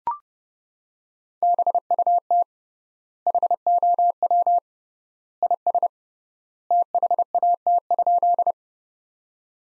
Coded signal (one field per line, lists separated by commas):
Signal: Morse code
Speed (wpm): 32 wpm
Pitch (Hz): 700 Hz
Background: none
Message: BUT HOW IS THAT?